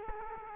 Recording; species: mosquito wingbeat signal from an infrared sensor; Culex quinquefasciatus